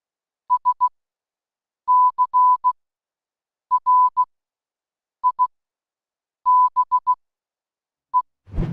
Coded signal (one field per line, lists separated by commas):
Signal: Morse code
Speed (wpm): 16 wpm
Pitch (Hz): 1000 Hz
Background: none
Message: SCRIBE